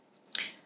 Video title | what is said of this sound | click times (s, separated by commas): Patient Monitor Tranquility II Basic Concepts and How it works | gently go into this side you hear a click and now | 0.4 s